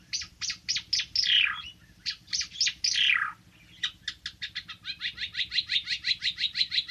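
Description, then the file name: Bird giving rapid high chirps and two long downward slurs, then a series of evenly repeated sharp notes through the second half. Recorded in Timor. "suara burung ara timor"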